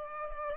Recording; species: mosquito wingbeat signal from an infrared sensor; Culex pipiens